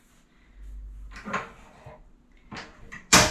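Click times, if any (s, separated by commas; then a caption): 3.1 s. A metal foot bar on a Pilates reformer is lowered into its down position, into the frame bracket, producing a few softer knocks and rattles before a loud clunk at 3.1 s as it locks down. No one talks during the clip.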